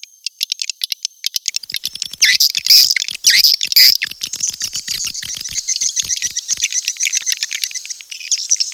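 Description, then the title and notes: Swiftlets give rapid dry clicks with bright chirps and short whistles over them; the clicking settles into a steady, fast patter. Swiftlet sound used for swiftlet farming in Asia. "Swiflet Bird Sound. Farming Swiflet Bird asia sound"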